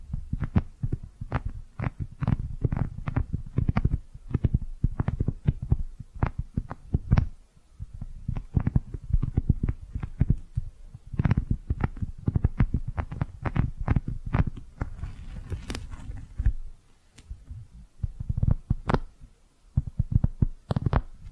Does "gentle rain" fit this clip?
no